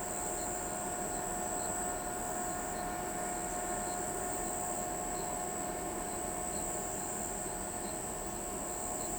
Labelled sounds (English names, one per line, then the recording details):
none
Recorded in pastures near Pivijay, Magdalena, Colombia, on 13 April 2023 at 00:30
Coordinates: 10.456, -74.369
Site P6-G026